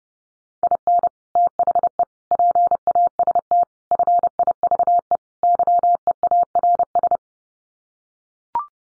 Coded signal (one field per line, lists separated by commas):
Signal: Morse code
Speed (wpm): 30 wpm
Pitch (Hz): 700 Hz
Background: none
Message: IN THE PAST FIVE YEARS